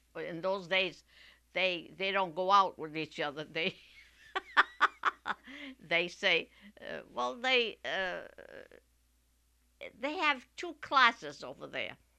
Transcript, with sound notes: in those days they don't go out with each other. ( she laughs ) They say, well, they, uh, they have two classes over there,